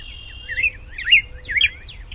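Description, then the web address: Bird giving three bright, squeaky chirping phrases about half a second apart. April 2010; species unidentified. "birds April-2010 mystery bird w-noise-removal"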